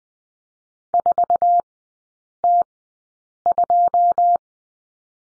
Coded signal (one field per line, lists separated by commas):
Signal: Morse code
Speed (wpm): 20 wpm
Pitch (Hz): 700 Hz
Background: none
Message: 4T2